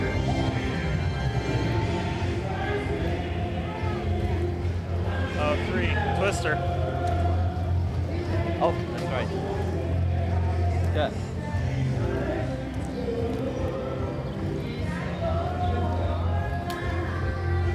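A walk through a theme park, with a crowd of voices chattering on all sides and a man speaking now and then. A steady low rumble runs underneath throughout, and sharp brief sounds break through around six, nine and eleven seconds.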